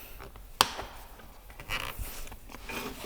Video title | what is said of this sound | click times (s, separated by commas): TOTO - How to Fit This Amazing Toilet From Japan | so once that's in there clip the lid back on | 0.6 s